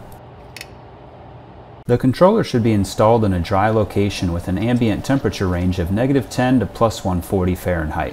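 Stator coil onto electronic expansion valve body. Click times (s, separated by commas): 0.6 s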